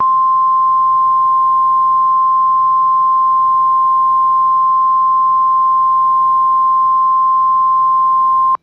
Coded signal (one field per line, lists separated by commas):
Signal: Emergency Alert System (SAME) tones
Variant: 1050 Hz attention tone